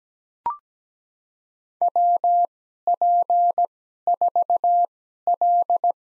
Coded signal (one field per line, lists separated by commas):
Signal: Morse code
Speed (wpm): 17 wpm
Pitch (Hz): 700 Hz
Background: none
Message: WP4L